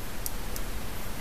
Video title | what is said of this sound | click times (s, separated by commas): 808 #16 HD Key Cam review IN HD! + how to open the case if you need a battery change | click it's in | 0.3 s